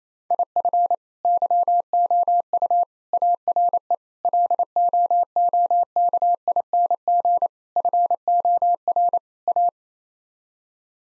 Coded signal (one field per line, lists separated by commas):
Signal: Morse code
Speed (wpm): 28 wpm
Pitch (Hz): 700 Hz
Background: none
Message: IF YOU ARE LOOKING FOR A